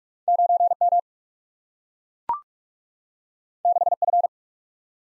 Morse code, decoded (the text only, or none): 9 M 6 F